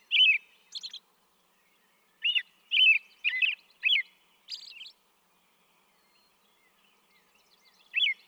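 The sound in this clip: American robin song of warbled, up-and-down whistled notes in a quick run, mixed with thin high squeaky notes, then a pause and one final whistle.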